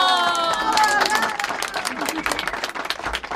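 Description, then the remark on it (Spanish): A burst of dense, steady applause from many hands at a community meeting, with excited cheering voices over it at the start that fade as the clapping carries on. “¡Que suenen esos aplausos!”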